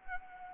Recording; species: mosquito wingbeat signal from an infrared sensor; Anopheles arabiensis